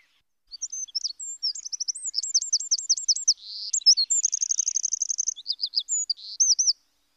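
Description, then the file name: Eurasian wren song: one long, very high, loud phrase mixing quick chattering notes with a steady rattling trill, then ending abruptly. "Troglodyte Mignon"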